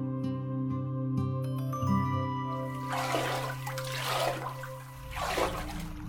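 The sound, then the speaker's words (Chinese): After a few seconds of steady, humming musical tones, water begins sloshing and splashing in several surging bursts as a man wades into a clear river until the water reaches his collarbone, while the low drone carries on underneath. “博斯走入清澈的河水中，河水很快浸到了他的锁骨，水与他的伤口的湿毒产生反应”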